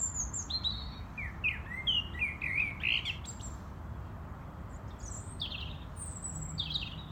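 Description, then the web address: European robin delivering a run of high, liquid, wavering notes, then a quieter pause and further thin phrases, with soft low background noise. "rotkehlchen"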